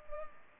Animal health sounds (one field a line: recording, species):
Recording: mosquito wingbeat signal from an infrared sensor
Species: Culex pipiens